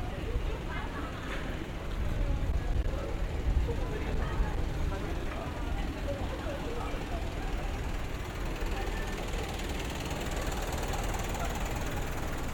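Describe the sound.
Street ambience in Yokohama's Chinatown, with a dense, steady murmur of voices running throughout. A low rumble of passing vehicles and engines sits underneath, and a few brighter clatters and footsteps stand out around the two to four second mark.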